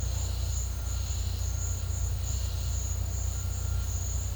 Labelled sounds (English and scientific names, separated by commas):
none